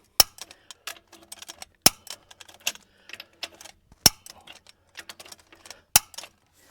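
A torque wrench is used to double-check the lug nuts on a pickup truck wheel. Sharp, loud clicks ring out at 0.2, 1.9, 4.1 and 6.0 seconds, with softer ratcheting ticks in between. Each nut clicks at the set torque.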